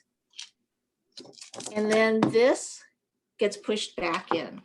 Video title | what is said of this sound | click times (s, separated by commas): Instapot Delights | and it'll snap in place | 0.4 s